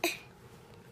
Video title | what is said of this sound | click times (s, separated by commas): So a tent and a bird, and close it! | snap right in like that. Oh, wow. It's very cool. Like that, and | 0.0 s